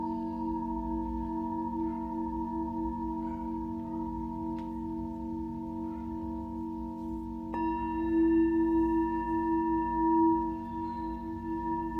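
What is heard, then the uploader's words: A Tibetan singing bowl hums with a steady, ringing tone and several layered overtones, sustained over a low rumbling undertone. Around seven and a half seconds a fresh strike brightens and strengthens the ring, which then holds evenly to the end. Tibetan Singiing Bowl.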